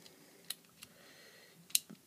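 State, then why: Seated. During a transforming toy figure's transformation, its plastic head is raised into its torso joint and locked in place so it can't be pushed down easily. Faint plastic ticks at 0.5 and 0.8 seconds lead up to a sharp, bright click at 1.8 seconds as the head locks in, followed by a softer low knock. The head is seated.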